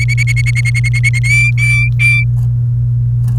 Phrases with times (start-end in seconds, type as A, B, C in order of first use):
0.00-1.19 A, 1.24-2.23 B